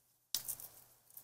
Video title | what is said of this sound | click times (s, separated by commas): GET NAKED AGAIN - The Best Soft Top Option For Your Jeep - Master Top Summer Collection | and you can feel it just snap into place | 0.3 s